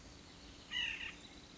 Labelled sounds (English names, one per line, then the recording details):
White-breasted Nuthatch
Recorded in Sonoma County, California